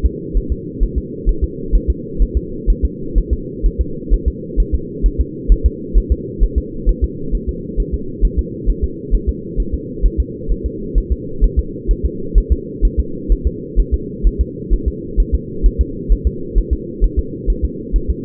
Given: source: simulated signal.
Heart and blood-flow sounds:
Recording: fetal heart sounds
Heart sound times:
0.06 s: S2
0.37 s: S1
0.52 s: S2
0.83 s: S1
0.98 s: S2
1.29 s: S1
1.44 s: S2
1.75 s: S1
1.90 s: S2
2.22 s: S1
2.37 s: S2
2.70 s: S1
2.85 s: S2
3.18 s: S1
3.33 s: S2
3.66 s: S1
3.81 s: S2
4.13 s: S1
4.28 s: S2
4.60 s: S1
4.74 s: S2
5.06 s: S1
5.20 s: S2
5.52 s: S1
5.66 s: S2
5.98 s: S1
6.12 s: S2
6.43 s: S1
6.58 s: S2
6.89 s: S1
7.04 s: S2
7.35 s: S1
7.49 s: S2
7.80 s: S1
7.94 s: S2
8.25 s: S1
8.39 s: S2
8.70 s: S1
8.84 s: S2
9.15 s: S1
9.29 s: S2
9.60 s: S1
9.74 s: S2
10.06 s: S1
10.20 s: S2
10.52 s: S1
10.66 s: S2
10.98 s: S1
11.12 s: S2
11.44 s: S1
11.59 s: S2
11.91 s: S1
12.05 s: S2
12.38 s: S1
12.52 s: S2
12.85 s: S1
12.99 s: S2
13.32 s: S1
13.47 s: S2
13.80 s: S1
13.94 s: S2
14.27 s: S1
14.41 s: S2
14.73 s: S1
14.88 s: S2
15.20 s: S1
15.34 s: S2
15.66 s: S1
15.81 s: S2
16.12 s: S1
16.27 s: S2
16.58 s: S1
16.73 s: S2
17.04 s: S1
17.19 s: S2
17.50 s: S1
17.65 s: S2
17.96 s: S1
18.10 s: S2
From the record:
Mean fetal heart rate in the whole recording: 130 bpm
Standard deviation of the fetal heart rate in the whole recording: 2 bpm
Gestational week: 36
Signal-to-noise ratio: -4.3 dB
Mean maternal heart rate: 72 bpm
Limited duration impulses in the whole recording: absent

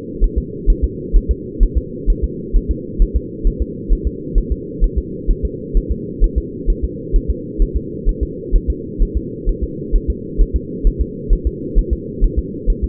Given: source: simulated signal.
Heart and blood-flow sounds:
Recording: fetal heart sounds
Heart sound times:
0.24 s: S1
0.38 s: S2
0.70 s: S1
0.84 s: S2
1.16 s: S1
1.31 s: S2
1.63 s: S1
1.78 s: S2
2.10 s: S1
2.24 s: S2
2.56 s: S1
2.71 s: S2
3.02 s: S1
3.16 s: S2
3.47 s: S1
3.62 s: S2
3.92 s: S1
4.07 s: S2
4.38 s: S1
4.52 s: S2
4.84 s: S1
4.98 s: S2
5.30 s: S1
5.45 s: S2
5.77 s: S1
5.92 s: S2
6.24 s: S1
6.38 s: S2
6.70 s: S1
6.84 s: S2
7.16 s: S1
7.30 s: S2
7.62 s: S1
7.77 s: S2
8.09 s: S1
8.23 s: S2
8.55 s: S1
8.70 s: S2
9.02 s: S1
9.17 s: S2
9.49 s: S1
9.64 s: S2
9.96 s: S1
10.10 s: S2
10.41 s: S1
10.56 s: S2
10.87 s: S1
11.02 s: S2
11.33 s: S1
11.47 s: S2
11.79 s: S1
11.93 s: S2
12.24 s: S1
12.39 s: S2
12.70 s: S1
12.84 s: S2
From the record:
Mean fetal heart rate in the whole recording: 130 bpm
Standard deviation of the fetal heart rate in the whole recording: 4 bpm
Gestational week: 38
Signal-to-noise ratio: -4.1 dB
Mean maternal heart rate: no maternal heart sound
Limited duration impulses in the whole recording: absent

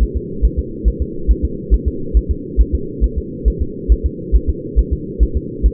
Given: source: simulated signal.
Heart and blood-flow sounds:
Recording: fetal heart sounds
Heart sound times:
0.03 s: S1
0.17 s: S2
0.45 s: S1
0.59 s: S2
0.88 s: S1
1.02 s: S2
1.31 s: S1
1.45 s: S2
1.74 s: S1
1.88 s: S2
2.17 s: S1
2.31 s: S2
2.61 s: S1
2.75 s: S2
3.04 s: S1
3.18 s: S2
3.48 s: S1
3.62 s: S2
3.92 s: S1
4.06 s: S2
4.36 s: S1
4.50 s: S2
4.79 s: S1
4.93 s: S2
5.23 s: S1
5.37 s: S2
5.66 s: S1
From the record:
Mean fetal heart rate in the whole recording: 140 bpm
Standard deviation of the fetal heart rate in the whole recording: 2 bpm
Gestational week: 34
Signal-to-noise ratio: -4.3 dB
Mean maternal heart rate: 72 bpm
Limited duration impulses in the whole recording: absent

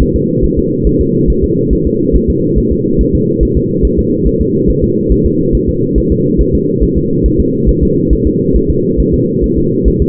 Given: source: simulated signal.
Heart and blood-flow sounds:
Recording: fetal heart sounds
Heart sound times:
0.02 s: S1
0.16 s: S2
0.44 s: S1
0.59 s: S2
0.87 s: S1
1.01 s: S2
1.30 s: S1
1.44 s: S2
1.73 s: S1
1.87 s: S2
2.16 s: S1
2.30 s: S2
2.58 s: S1
2.72 s: S2
3.01 s: S1
3.15 s: S2
3.43 s: S1
3.57 s: S2
3.85 s: S1
3.99 s: S2
4.27 s: S1
4.41 s: S2
4.70 s: S1
4.84 s: S2
5.12 s: S1
5.26 s: S2
5.55 s: S1
5.69 s: S2
5.98 s: S1
6.12 s: S2
6.41 s: S1
6.55 s: S2
6.83 s: S1
6.98 s: S2
7.26 s: S1
7.40 s: S2
7.69 s: S1
7.83 s: S2
8.13 s: S1
8.27 s: S2
8.56 s: S1
8.70 s: S2
9.00 s: S1
9.14 s: S2
9.44 s: S1
9.58 s: S2
9.88 s: S1
10.02 s: S2
From the record:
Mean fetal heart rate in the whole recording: 140 bpm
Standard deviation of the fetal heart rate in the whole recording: 2 bpm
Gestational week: 34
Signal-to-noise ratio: -11.2 dB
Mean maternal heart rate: 72 bpm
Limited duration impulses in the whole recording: present

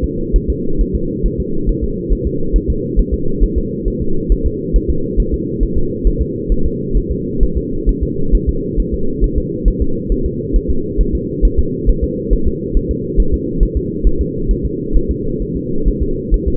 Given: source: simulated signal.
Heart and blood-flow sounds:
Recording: fetal heart sounds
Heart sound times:
0.04 s: S2
0.36 s: S1
0.50 s: S2
0.81 s: S1
0.96 s: S2
1.26 s: S1
1.40 s: S2
1.69 s: S1
1.84 s: S2
2.13 s: S1
2.27 s: S2
2.56 s: S1
2.70 s: S2
3.00 s: S1
3.14 s: S2
3.44 s: S1
3.58 s: S2
3.88 s: S1
4.02 s: S2
4.32 s: S1
4.46 s: S2
4.76 s: S1
4.90 s: S2
5.20 s: S1
5.34 s: S2
5.63 s: S1
5.78 s: S2
6.07 s: S1
6.22 s: S2
6.52 s: S1
6.66 s: S2
6.97 s: S1
7.12 s: S2
7.43 s: S1
7.57 s: S2
7.89 s: S1
8.03 s: S2
8.35 s: S1
8.49 s: S2
8.80 s: S1
8.94 s: S2
9.24 s: S1
9.38 s: S2
9.68 s: S1
9.82 s: S2
10.12 s: S1
10.26 s: S2
10.56 s: S1
10.70 s: S2
11.01 s: S1
11.15 s: S2
11.45 s: S1
11.59 s: S2
11.90 s: S1
12.04 s: S2
12.33 s: S1
12.48 s: S2
12.77 s: S1
12.91 s: S2
13.20 s: S1
13.34 s: S2
13.63 s: S1
13.77 s: S2
14.07 s: S1
14.21 s: S2
14.51 s: S1
14.65 s: S2
14.97 s: S1
15.11 s: S2
15.42 s: S1
15.57 s: S2
15.88 s: S1
16.03 s: S2
16.34 s: S1
16.48 s: S2
From the record:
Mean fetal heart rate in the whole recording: 135 bpm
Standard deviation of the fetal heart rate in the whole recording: 3 bpm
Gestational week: 36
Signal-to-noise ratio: -8.1 dB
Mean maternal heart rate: 72 bpm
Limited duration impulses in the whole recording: absent

